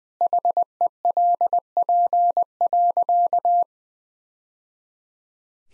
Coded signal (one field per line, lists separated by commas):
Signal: Morse code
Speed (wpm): 20 wpm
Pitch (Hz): 700 Hz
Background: none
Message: HELP.